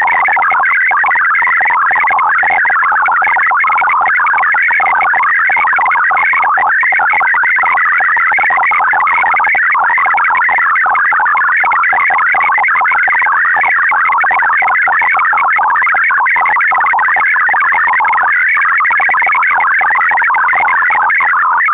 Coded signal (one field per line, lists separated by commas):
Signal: multi-tone FSK (Olivia or MFSK type)